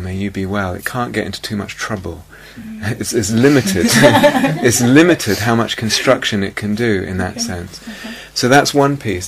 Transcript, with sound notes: May you be well." It can't get into too much trouble. It's limited. [laughter] It's limited, how much construction it can do, in that sense. So that's one piece.